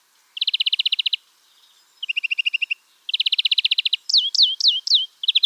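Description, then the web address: European greenfinch song: fast, even trills of rattling notes in bursts, then a run of quick, sharply falling twittered notes. "Schulze Peter European Greenfinch song"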